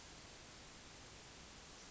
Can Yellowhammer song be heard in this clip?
no